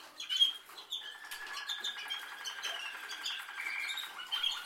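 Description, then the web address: Canary song, quiet: a soft low trill runs beneath scattered high chirps and clicks. "Canari Seda Canari"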